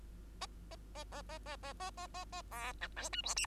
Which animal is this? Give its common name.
Bengalese Finch